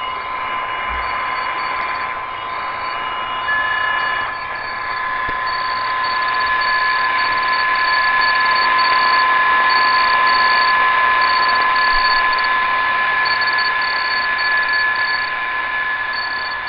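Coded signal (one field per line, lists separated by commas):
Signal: PSK31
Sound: two steady narrow warbling tones, near 1 kHz and 1.7 kHz, over hiss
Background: radio static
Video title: Grundig G5: Psk31 on the Fly via Digipan @ 14.070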